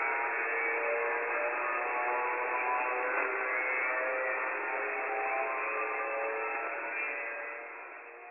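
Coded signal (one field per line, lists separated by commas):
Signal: digital voice data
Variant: DRM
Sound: steady wideband rushing hiss with sharp bandwidth edges, constant for eight seconds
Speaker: DRM is a digital commercial broadcasting mode used to deliver FM comparable sound quality to shortwave radio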